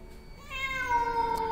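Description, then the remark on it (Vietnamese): A single drawn-out cat meow heard amid heavy white rain, rising into a bright harmonic cry that holds steady and slowly falls in pitch, clear and fairly loud over a faint background hiss. “Hồng Ngọc nhìn ra bên ngoài trời, trong cái màn mưa trắng xóa ấy, bỗng dưng có tiếng mèo kêu ngoao ngoao phát ra.”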